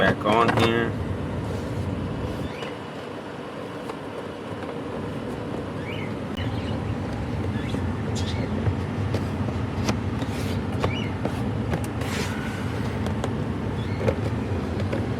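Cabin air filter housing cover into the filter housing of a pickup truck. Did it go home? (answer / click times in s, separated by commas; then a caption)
no / none. Someone talks while handling the plastic cabin air filter housing cover of a 2019 Ford F-150 EcoBoost pickup truck, bringing it back toward the filter housing over a steady low rumble with a few sharp taps. The cover is not pressed home by the end, and nothing has seated or clicked yet.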